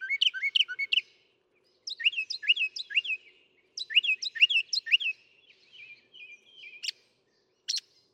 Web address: songs Northern Mockingbird